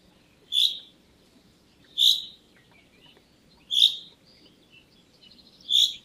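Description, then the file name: Common chaffinch giving short, sharp, bright call notes, four in all, spaced roughly every one and a half to two seconds, with faint background hiss. "Fringilla coelebs"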